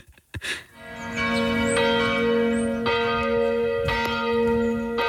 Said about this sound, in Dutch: Het geluid van jouw jeugd. Ja. De kerkklokken. Kerkklok. Waar stond die kerk?